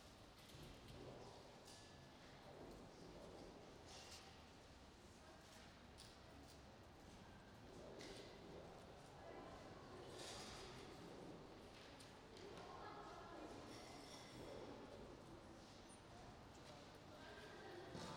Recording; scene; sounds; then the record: everyday scene through a hearing-aid microphone; reverberant space; background noise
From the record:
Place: railway station hall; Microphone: in the ear canal, right